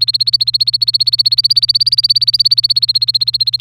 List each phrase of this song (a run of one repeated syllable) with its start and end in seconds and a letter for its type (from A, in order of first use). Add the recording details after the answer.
0.00-3.61 A. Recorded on 1 May 2018 at 08:00. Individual llb3